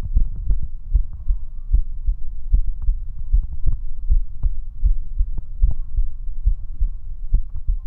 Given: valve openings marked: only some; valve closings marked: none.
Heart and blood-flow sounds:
heart sounds by stethoscope; 75 bpm
0.19 s: heartbeat (ECG mark)
0.22 s: aortic valve opens (echo mark)
0.97 s: heartbeat (ECG mark)
1.76 s: heartbeat (ECG mark)
2.56 s: heartbeat (ECG mark)
3.36 s: heartbeat (ECG mark)
3.39 s: aortic valve opens (echo mark)
4.14 s: heartbeat (ECG mark)
4.88 s: heartbeat (ECG mark)
5.66 s: heartbeat (ECG mark)
5.68 s: aortic valve opens (echo mark)
6.49 s: heartbeat (ECG mark)
7.37 s: heartbeat (ECG mark)
From the record:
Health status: healthy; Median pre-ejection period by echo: 23 ms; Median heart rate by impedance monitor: 76 bpm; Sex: male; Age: 19 years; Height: 179 cm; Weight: 78 kg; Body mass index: 24.34

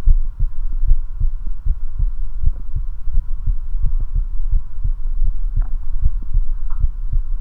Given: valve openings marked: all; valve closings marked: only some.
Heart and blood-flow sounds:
heart sounds by stethoscope; 80 bpm
0.09 s: heartbeat (ECG mark)
0.15 s: aortic valve opens (echo mark)
0.41 s: aortic valve closes (echo mark)
0.90 s: heartbeat (ECG mark)
0.97 s: aortic valve opens (echo mark)
1.21 s: aortic valve closes (echo mark)
1.68 s: heartbeat (ECG mark)
1.75 s: aortic valve opens (echo mark)
2.00 s: aortic valve closes (echo mark)
2.45 s: heartbeat (ECG mark)
2.53 s: aortic valve opens (echo mark)
2.77 s: aortic valve closes (echo mark)
3.16 s: heartbeat (ECG mark)
3.23 s: aortic valve opens (echo mark)
3.49 s: aortic valve closes (echo mark)
3.85 s: heartbeat (ECG mark)
3.92 s: aortic valve opens (echo mark)
4.16 s: aortic valve closes (echo mark)
4.54 s: heartbeat (ECG mark)
4.62 s: aortic valve opens (echo mark)
4.85 s: aortic valve closes (echo mark)
5.27 s: heartbeat (ECG mark)
5.33 s: aortic valve opens (echo mark)
5.58 s: aortic valve closes (echo mark)
6.04 s: heartbeat (ECG mark)
6.12 s: aortic valve opens (echo mark)
6.34 s: aortic valve closes (echo mark)
6.82 s: heartbeat (ECG mark)
6.90 s: aortic valve opens (echo mark)
From the record:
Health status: healthy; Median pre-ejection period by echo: 75 ms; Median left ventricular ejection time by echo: 243 ms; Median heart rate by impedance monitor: 78 bpm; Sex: male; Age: 21 years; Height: 170 cm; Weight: 85 kg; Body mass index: 29.41

